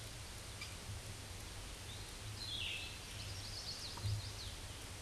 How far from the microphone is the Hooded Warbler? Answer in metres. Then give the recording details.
about 20 m. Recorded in a Pennsylvania forest on 18 May 2023 at 09:33. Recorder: AudioMoth, point grid1_30_low. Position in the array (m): 172 m, 84 m